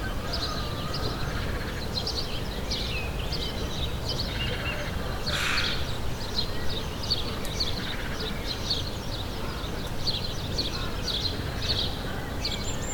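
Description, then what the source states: Bird song: several birds twittering and chirping in scattered high bursts over a steady low rumble of background noise. Morning birds ambience.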